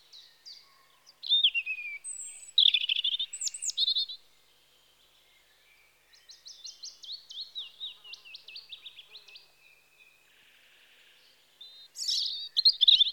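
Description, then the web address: European robin singing several varied phrases: descending slurred whistles, a rich warble, a quieter run of rapid repeated notes, then a final high tumbling burst. Recorded in spring. "BBC Sound Effects Library. Robin (Erithacus Rubecula) Spring"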